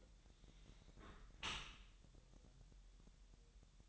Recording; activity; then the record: daily activity, microphone in the room; close dishwasher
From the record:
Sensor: 3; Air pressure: 1000.4 hPa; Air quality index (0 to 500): 247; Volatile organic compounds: 170 ppm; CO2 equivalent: 4106 ppm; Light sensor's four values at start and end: 10/24/10/9 and 10/24/10/9